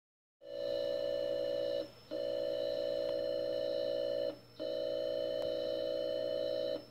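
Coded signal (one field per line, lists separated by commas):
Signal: computer data on cassette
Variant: Atari 8-bit FSK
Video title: Atari 800XL Cassette Loading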